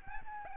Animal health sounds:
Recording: mosquito wingbeat signal from an infrared sensor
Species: Aedes albopictus

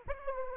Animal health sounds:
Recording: mosquito wingbeat signal from an infrared sensor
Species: Anopheles arabiensis

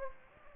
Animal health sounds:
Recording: mosquito wingbeat signal from an infrared sensor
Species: Anopheles gambiae

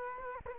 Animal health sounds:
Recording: mosquito wingbeat signal from an infrared sensor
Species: Culex quinquefasciatus

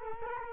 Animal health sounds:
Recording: mosquito wingbeat signal from an infrared sensor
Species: Culex quinquefasciatus

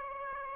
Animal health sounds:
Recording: mosquito wingbeat signal from an infrared sensor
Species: Aedes aegypti

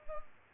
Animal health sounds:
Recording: mosquito wingbeat signal from an infrared sensor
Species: Culex pipiens

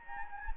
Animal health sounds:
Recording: mosquito wingbeat signal from an infrared sensor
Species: Anopheles gambiae

